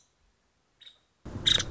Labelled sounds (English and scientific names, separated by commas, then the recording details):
Nuttall's Woodpecker (Dryobates nuttallii)
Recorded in Sonoma County, California